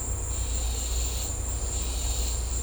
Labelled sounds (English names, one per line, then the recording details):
none
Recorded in secondary vegetation near Puerto Asís, Putumayo, Colombia, on 16 December 2024 at 14:30
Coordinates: 0.502, -76.326
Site G028